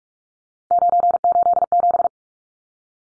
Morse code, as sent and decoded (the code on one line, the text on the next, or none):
----. ---.. --...
987